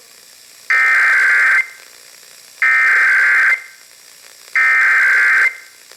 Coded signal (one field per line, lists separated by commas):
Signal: Emergency Alert System (SAME) tones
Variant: header bursts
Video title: Not much, but here ya go... EAS Tests from November, 2022 (EAS #7,834 - 7,839)